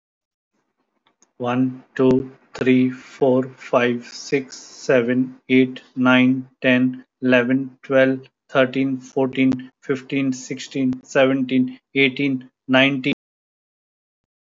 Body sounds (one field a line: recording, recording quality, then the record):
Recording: counting at a normal pace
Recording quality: excellent, no background noise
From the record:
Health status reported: COVID-19 positive, mild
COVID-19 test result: positive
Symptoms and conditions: cough, cold, fever, fatigue, hypertension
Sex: male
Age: 60 years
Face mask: not worn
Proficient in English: yes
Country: India